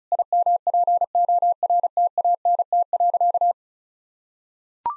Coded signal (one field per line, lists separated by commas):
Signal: Morse code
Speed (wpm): 36 wpm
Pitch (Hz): 700 Hz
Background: none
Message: IMPORTANT.